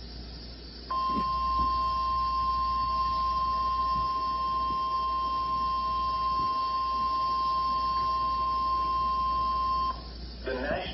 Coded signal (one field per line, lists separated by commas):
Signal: Emergency Alert System (SAME) tones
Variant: 1050 Hz attention tone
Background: speech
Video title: THE BORING ENHANCED RISK! EAS alerts from 3/24/2023. [EAS #1250 - #1266]